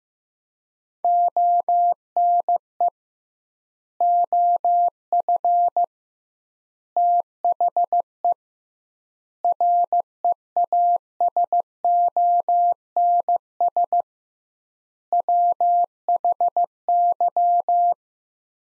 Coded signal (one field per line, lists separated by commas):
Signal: Morse code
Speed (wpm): 15 wpm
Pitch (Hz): 700 Hz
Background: none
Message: ONE OF THE REASONS WHY